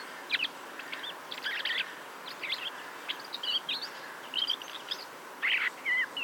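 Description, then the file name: Common blackbird: a series of short chirps and twittering notes, ending with a louder squeaky phrase near the close, over a background hiss. "Turdus merula"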